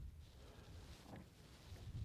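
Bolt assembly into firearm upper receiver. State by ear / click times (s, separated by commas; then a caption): not seated / none. A bolt is slid into place in the upper receiver of a B&T APC9-SD and lined up before being pushed down and up to lock. Only quiet handling noise is heard under a low rumble, with no clear transients. The bolt has not locked or clicked yet.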